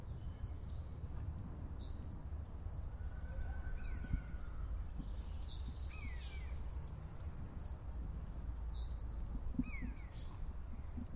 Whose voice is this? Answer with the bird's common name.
Common Buzzard